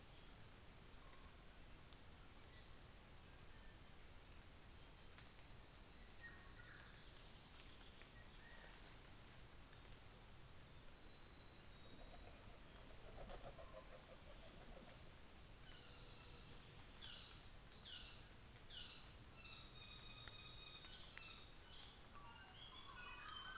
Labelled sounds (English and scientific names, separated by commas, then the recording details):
North Island Saddleback (Philesturnus rufusater)
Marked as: faintness 3/5, faintness 4/5
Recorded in New Zealand on 24 December 2018
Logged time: 10:15